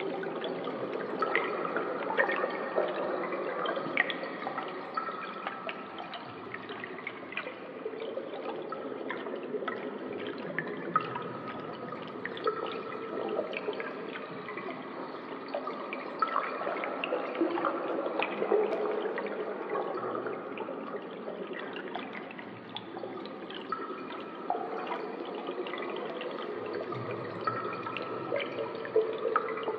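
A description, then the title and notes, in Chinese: Water dripping in a cave makes a steady, dense wash of trickling sound, full of countless small overlapping drips and ticks. The level stays fairly even for the whole stretch, with a low murmur underneath and brief brighter splashes scattered throughout. 溶洞里的水滴音。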